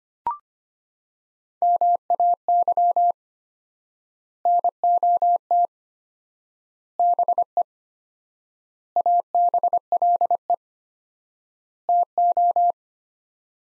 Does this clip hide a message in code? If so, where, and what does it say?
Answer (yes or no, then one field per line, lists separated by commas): yes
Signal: Morse code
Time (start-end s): 1.6-12.7 s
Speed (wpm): 25 wpm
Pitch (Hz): 700 Hz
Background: none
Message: MAY NOT BE ABLE TO